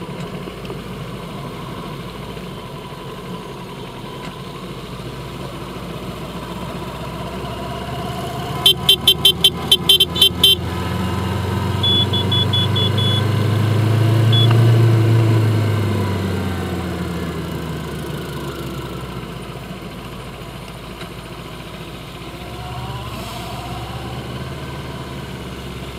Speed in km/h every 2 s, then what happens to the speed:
19, 18, 18, 23, 26, 29, 35, 27, 21, 13, 10, 15, 11.
4-11 speeds up to 35. 13-18 brakes to 13. 18-26 steady at about 11.